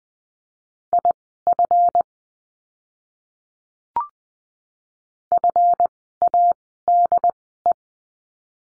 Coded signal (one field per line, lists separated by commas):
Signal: Morse code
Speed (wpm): 20 wpm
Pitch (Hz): 700 Hz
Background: none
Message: IF FADE